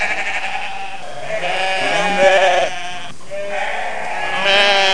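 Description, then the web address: Sheep bleating, several long wavering bleats from a flock, loud throughout. "a group of sheep call"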